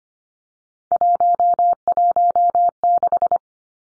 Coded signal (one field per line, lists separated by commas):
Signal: Morse code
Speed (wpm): 25 wpm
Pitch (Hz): 700 Hz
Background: none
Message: 116